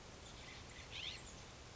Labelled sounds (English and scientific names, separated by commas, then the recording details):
California Scrub-Jay (Aphelocoma californica)
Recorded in Sonoma County, California